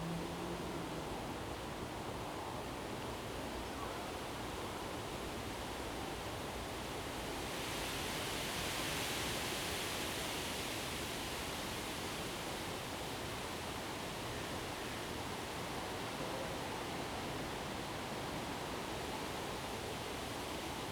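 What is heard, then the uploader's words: Wind rushes through trees in a steady, dense hiss that fills the whole clip. From about eight to twelve seconds a stronger gust brightens the rustle of leaves before it settles back. There are no distinct events, only the continuous windy roar outdoors. Northumberland Park. The wind in trees.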